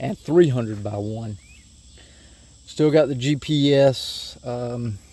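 A GPS unit is handled near its motorcycle dash cradle while someone talks, with a faint steady high-pitched tone running underneath. The clip ends before the unit goes in, so nothing has seated or clicked yet.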